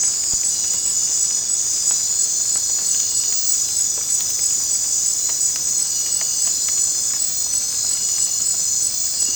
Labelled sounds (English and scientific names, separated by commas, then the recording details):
none
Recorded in dense forest near Puerto Asís, Putumayo, Colombia, on 22 December 2024 at 20:00
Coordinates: 0.466, -76.327
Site G075